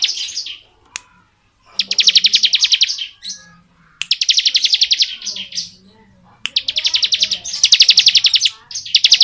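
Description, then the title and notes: Bar-winged prinia song: dense bursts of rapid, buzzy pulsed notes about a second long, repeated with short pauses, plus a few sharp clicks. Bar-winged prinia singing in the 'ngebren' style; recording used as training (masteran) audio for white-rumped shamas (murai batu). "Ciblek Ngebren Untuk Masteran Murai Batu. Suara burung ciblek - Suara Nada"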